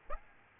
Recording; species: mosquito wingbeat signal from an infrared sensor; Aedes aegypti